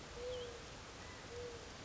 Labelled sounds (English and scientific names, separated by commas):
Mourning Dove (Zenaida macroura)